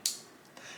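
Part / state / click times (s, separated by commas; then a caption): folding knife blade into its fully open detent position / seated / 0.1 s. The blade of a small Civivi Ki-V double detent slip joint folding knife is opened fully and snaps into its second, fully open detent with a sharp, bright click at 0.1 s. A much fainter, longer sound follows at about 0.6 s. The blade is seated in its fully open detent.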